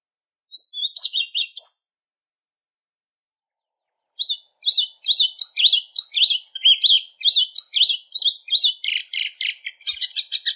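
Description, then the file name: Plumbeous Seedeater song starting with a short burst of notes, then after a gap a long, fast string of sliding whistles ending in dense buzzy trills. "canto da patativa"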